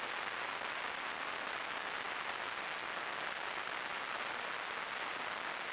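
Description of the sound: Simulated tinnitus: a steady, continuous high-pitched tone around 9 to 10 kHz over a faint broadband hiss, generated by a device.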